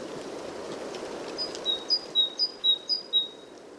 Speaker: It's actually an excellent opportunity to record common species, such as this singing great tit.